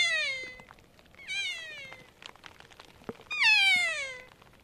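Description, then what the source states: Kea calls: three loud, harmonic, downward-sliding screeching cries, each about a second long, spread over several seconds against a faint hiss of background noise. Heard in the subalpine zone while very heavy snow was falling.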